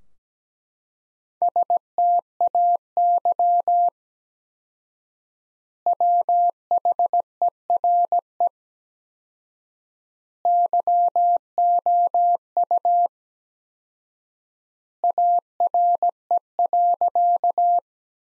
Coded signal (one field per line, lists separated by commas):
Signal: Morse code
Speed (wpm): 17 wpm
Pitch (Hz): 700 Hz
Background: none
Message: STAY WHERE YOU ARE.